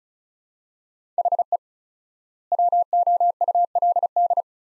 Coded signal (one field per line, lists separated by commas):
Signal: Morse code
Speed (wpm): 36 wpm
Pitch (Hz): 700 Hz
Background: none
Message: HE WOULD